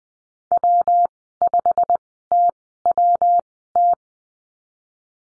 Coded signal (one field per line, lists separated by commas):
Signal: Morse code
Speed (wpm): 20 wpm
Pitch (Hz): 700 Hz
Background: none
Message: W5TWT